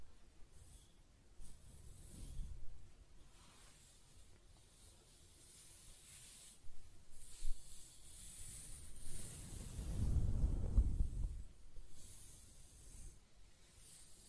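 Close-up hair sounds: soft scratching, brushing and stroking, made of airy, bright rustles that come and go unevenly. A low, fuller swell of rubbing builds around two seconds and a stronger one around ten to eleven seconds, with quieter brushing strokes in between.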